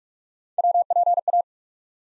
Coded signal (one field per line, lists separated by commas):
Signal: Morse code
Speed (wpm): 47 wpm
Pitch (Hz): 700 Hz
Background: none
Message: WPA